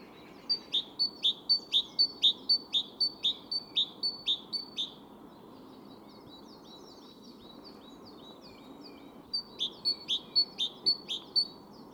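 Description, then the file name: Great tit song, a bright two-note phrase repeated rapidly about twice per second in a long series, a pause, then the series resumes, over steady low background noise. "Parus major"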